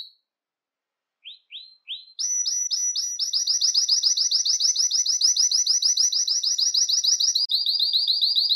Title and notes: Canario Belga, nyonyastudio